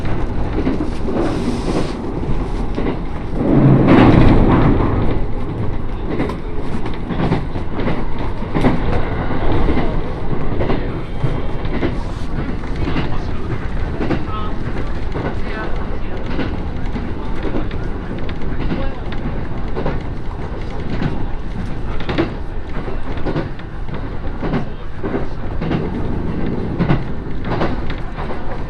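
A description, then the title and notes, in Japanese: Steady low rumble of a train ride on the Echigo Tokimeki Railway, dense and continuous, with clattering bursts around four seconds and faint voices. 耳で楽しむ鉄道旅 えちごトキめき鉄道 高田→直江津→糸魚川。ディーゼルカー1両で足りてしまいます。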